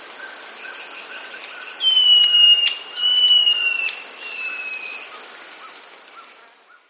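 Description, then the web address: Pale-faced antbird song: long, pure whistled notes held steady then sliding slightly downward, three in a row, over a constant insect drone and soft pulsing lower notes. South America. "Natures Songs S America Pale-Faced Antbird"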